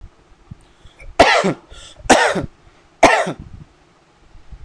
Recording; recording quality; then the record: heavy voluntary cough; excellent, no background noise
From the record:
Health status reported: healthy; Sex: male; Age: 31 years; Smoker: yes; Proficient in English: yes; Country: India